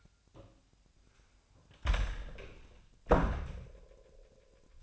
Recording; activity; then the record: daily activity, microphone in the room; close door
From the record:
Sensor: 2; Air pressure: 1007.0 hPa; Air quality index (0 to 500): 194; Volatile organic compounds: 12 ppm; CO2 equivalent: 2378 ppm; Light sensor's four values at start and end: 10/24/10/10 and 10/23/9/10